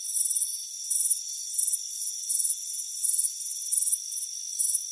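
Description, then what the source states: Crickets chirp in repeated sharp high bursts, with a continuous thin ringing tone beneath. Crickets chirping on a warm afternoon by a front porch.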